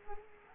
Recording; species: mosquito wingbeat signal from an infrared sensor; Culex quinquefasciatus